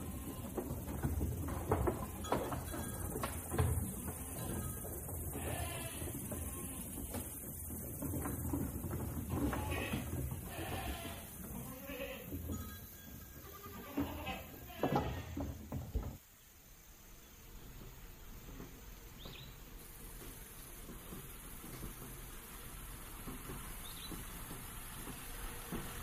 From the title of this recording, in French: A la ferme avec ses animaux